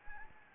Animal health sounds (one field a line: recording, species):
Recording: mosquito wingbeat signal from an infrared sensor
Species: Anopheles gambiae